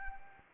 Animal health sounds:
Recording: mosquito wingbeat signal from an infrared sensor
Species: Anopheles arabiensis

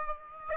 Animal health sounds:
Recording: mosquito wingbeat signal from an infrared sensor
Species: Aedes aegypti

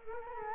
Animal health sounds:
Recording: mosquito wingbeat signal from an infrared sensor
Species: Culex quinquefasciatus

